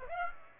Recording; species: mosquito wingbeat signal from an infrared sensor; Aedes aegypti